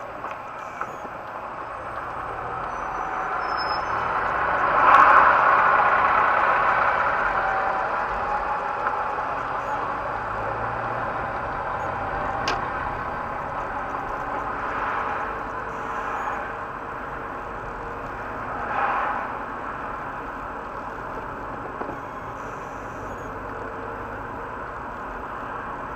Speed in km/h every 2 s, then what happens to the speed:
1, 1, 4, 10, 13, 15, 19, 22, 22, 24, 22, 21, 23.
0-3 standing. 3-13 pulls away to 22. 13-26 steady at about 22.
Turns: 8-14.